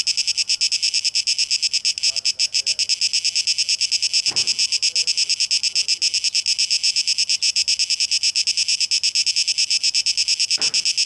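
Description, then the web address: Cicadas buzz in a dense, shrill drone that throbs in fast pulses; two brief knocks break through. 12 August 2023; tape echo mix. "rauschpartikel Audio 2023-08-12 Zikaden"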